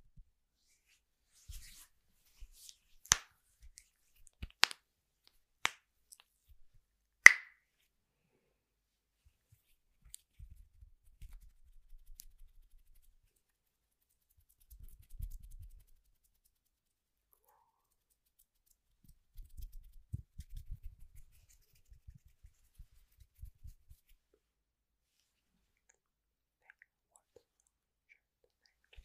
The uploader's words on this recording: 13 different triggers with simple things but big sounds that I find around the house.